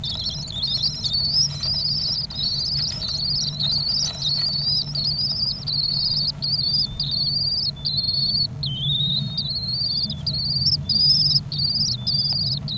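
Swift chicks calling nonstop with shrill, buzzy high notes broken into short segments, some dipping slightly in pitch, over a low rumbling background hum.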